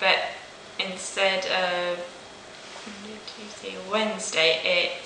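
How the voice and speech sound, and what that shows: Halting speech with long pauses and mixed-up weekday names, the word-finding and substitution errors of aphasia.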